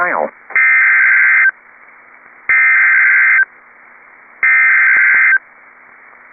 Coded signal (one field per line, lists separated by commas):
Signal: Emergency Alert System (SAME) tones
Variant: header bursts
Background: speech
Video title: P-O-L-K and Texas | EAS Alerts from 5/18/21 (EAS #379-386)